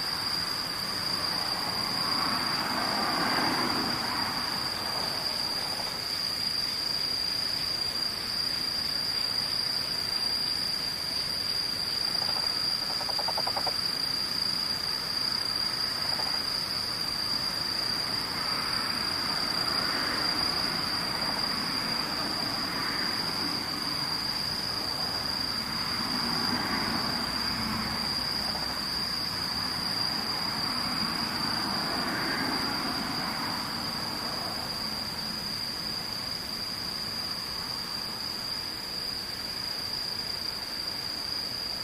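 Insects sing in one steady, piercing high whine that holds unbroken for the whole stretch, with a fainter, even higher shimmer above it. Beneath, a soft rumbling wash swells and fades several times, around the start, near twenty seconds and again past thirty, like distant passing traffic or a train.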